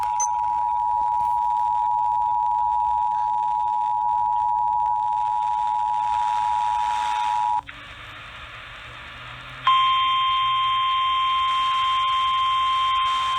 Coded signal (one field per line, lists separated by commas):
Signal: Emergency Alert System (SAME) tones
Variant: 853 and 960 Hz attention tone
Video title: Thanks A Lot Wakefield...EAS Alerts From August 15-16, 2020 (EAS #368-403)